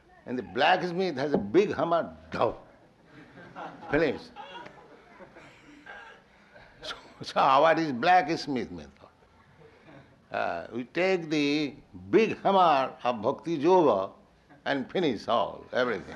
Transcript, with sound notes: And the blacksmith has a big hammer—dumh, finish. [laughter] So our is blacksmith method. We take the big hammer of bhakti-yoga and finish all, everything.